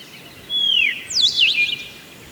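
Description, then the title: Black-crested warbler: long downward-slurred whistle, then a few fast high zigzag notes, over faint steady background hiss. "Myiothlypis Nigrocristata"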